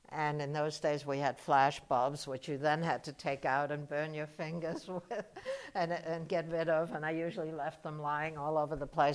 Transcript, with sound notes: And in those days, we had flashbulbs, which you then had to take out and burn your fingers with [chuckles] and — and get rid of, and I usually left them lying all over the place.